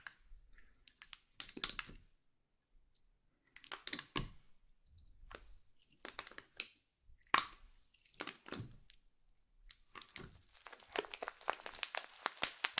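Slime is squished and pulled, giving sticky crackles and wet pops in short bursts every second or so. Quiet gaps separate the handfuls, and a busier run of rapid popping fills the last few seconds.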